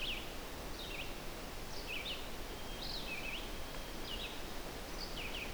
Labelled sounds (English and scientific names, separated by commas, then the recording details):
Red-eyed Vireo (Vireo olivaceus) song
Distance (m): 55 m
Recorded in boreal forest in Alberta, Canada, on 12 June 2016 at 05:50
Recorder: SongMeter 3, array SBT-3-18
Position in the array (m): 233 m, 102 m